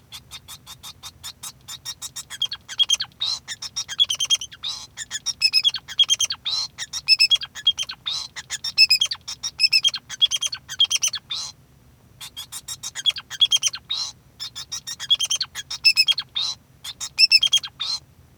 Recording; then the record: song of a male Bengalese finch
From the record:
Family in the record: son of father 2